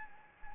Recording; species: mosquito wingbeat signal from an infrared sensor; Anopheles gambiae